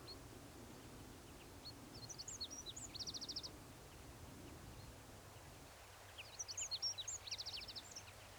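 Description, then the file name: Eurasian wren song, two phrases of high rapid notes each ending in a buzzy trill, separated by a pause, with low background rumble. "Troglodytes troglodytes"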